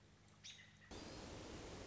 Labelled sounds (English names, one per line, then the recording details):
American Robin
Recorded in Sonoma County, California